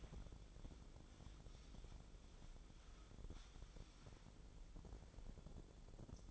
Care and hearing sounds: daily activity, microphone in the room; wipe stove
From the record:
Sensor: 5

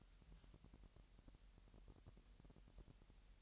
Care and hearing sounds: daily activity, microphone in the room; take from stove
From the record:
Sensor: 3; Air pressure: 1002.0 hPa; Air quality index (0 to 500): 247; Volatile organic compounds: 49 ppm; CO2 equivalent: 3288 ppm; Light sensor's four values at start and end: 6/15/6/6 and 6/15/6/6

